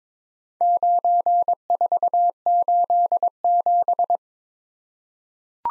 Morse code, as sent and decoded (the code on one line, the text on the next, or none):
----. ....- ---.. --...
9487